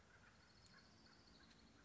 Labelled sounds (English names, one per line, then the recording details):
Orange-crowned Warbler
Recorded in Sonoma County, California